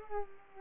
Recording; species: mosquito wingbeat signal from an infrared sensor; Culex pipiens